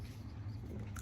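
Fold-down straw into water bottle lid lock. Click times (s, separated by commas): 1.0 s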